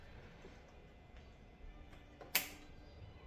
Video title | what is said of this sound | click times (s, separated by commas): TCS ATV Shock Rebuild/Service: Expert Tips & Step-by-Step Guide | Hear that click. | 2.4 s